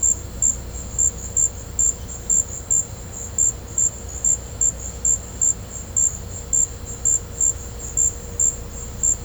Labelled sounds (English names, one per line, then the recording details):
none
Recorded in pastures near Puerto Asís, Putumayo, Colombia, on 16 December 2024 at 14:00
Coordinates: 0.502, -76.324
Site G077